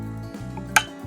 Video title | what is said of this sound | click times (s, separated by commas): New Spring Airgun Preparation | All right, and then we'll do your side here as well until we hear that click. | 0.8 s